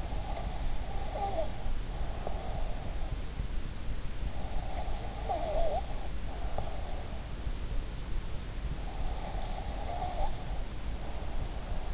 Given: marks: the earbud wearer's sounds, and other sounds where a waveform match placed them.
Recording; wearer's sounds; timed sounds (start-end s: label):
sounds in sleep by an in-ear microphone; breath
0.00-2.90 s: breath
4.46-6.99 s: breath
9.05-11.94 s: breath